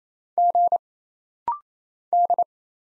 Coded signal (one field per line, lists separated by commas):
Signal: Morse code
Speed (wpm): 27 wpm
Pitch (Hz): 700 Hz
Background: none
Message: G D